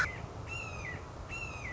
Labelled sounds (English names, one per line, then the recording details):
Red-shouldered Hawk
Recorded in Sonoma County, California